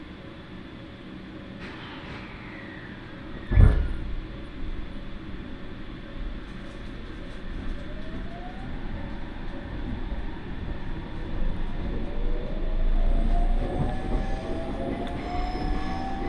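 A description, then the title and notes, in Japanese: A train on the Iida Line runs steadily, with a low rumble and rattle throughout. A sharp bang near the fourth second stands out, and thin whining tones rise and glide through the middle and later part as the running noise slowly swells. 耳で楽しむ鉄道旅 飯田線 三河槇原→新城。トンネル区間ばかりだったのも終わって、高台を走ったり国道１５１号線と並走しながら新城へと向かっていきます。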